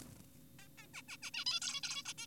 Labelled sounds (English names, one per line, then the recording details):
Zebra Finch
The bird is an adult
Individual g4p5U